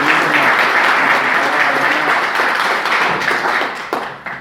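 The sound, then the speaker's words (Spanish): Sustained audience applause, a dense wash of many hands clapping at steady loudness, with a few sharper individual claps standing out as it begins to thin near the end. The applause is for a municipal government team at the 2020 opening session of a town council (Concejo Deliberante). “no puedo dejar de agradecerle y aprovecho para pedirle un aplauso a mi equipo de gobierno que trabajó todo el verano para que...”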